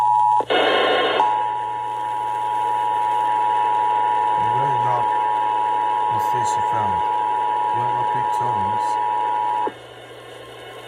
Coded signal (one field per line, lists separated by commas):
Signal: Emergency Alert System (SAME) tones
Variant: 853 and 960 Hz attention tone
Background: speech